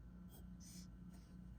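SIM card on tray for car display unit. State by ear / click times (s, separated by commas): not seated / none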